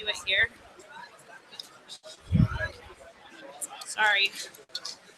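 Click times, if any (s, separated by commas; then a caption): none. A plastic light-blocking shield is handled and pushed toward a smart-glasses headset frame amid background chatter while someone talks. A brief fumble is followed by a sharp tick-like hit near 4.8 s, but nothing has seated or clicked into place yet.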